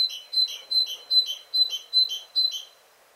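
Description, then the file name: Great tit calls: a series of about seven harsh, buzzy notes repeated roughly every 0.4 seconds, with a steady high tone running underneath. "Parus major"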